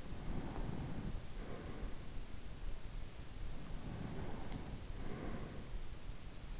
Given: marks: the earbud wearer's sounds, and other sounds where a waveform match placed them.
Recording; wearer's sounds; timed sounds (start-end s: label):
sounds in sleep by an in-ear microphone; breath
0.00-2.60 s: breath
3.61-5.95 s: breath